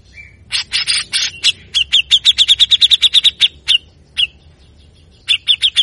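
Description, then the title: Grey-cheeked bulbul opening with a short whistle, then a rapid series of rasping clipped notes, an isolated note, and a final quick scratchy burst. Masteran recording of a bird in full song (gacor) with harsh rasping bursts (besetan kasar), a 'scream' said to provoke any other grey-cheeked bulbul. "MASTERAN CUCAK JENGGOT GACOR FULL BESETAN KASAR DURASI PANJANG !!! Pasti Langsung Emosi Jenggot Manapun Dengar Jeritan Cucak Jenggot Ini"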